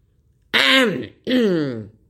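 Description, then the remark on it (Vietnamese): A man gives two forceful, throaty coughs, each about half a second long with a rough voiced tone, separated by a short pause and standing alone without speech. “Thấy đối phương gần như khích lệ ra mặt, liền ho mạnh một tiếng, cố hết sức trợn đôi mắt nhỏ lên thật tròn, ồm ồm nói với mấy tên sai dịch ở đằng sau.”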